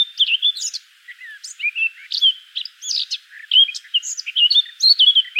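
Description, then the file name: Eurasian blackcap song: a rich, fast warble of clear whistled and chattering notes, rising and falling between mid and high pitch, with brief pauses between phrases. "Sylvia atricapilla"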